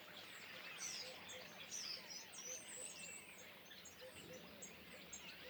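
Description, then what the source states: Common starlings in a busy chorus of twittering, with a few clearer, higher whistled notes rising above the continuous chatter at intervals. Flock perched in trees beside the Louroux pond, Le Louroux, near Loches, Indre-et-Loire, France; recorded with Sennheiser MKH8020 ORTF stereo pair and Sound Devices MixPre-6 II.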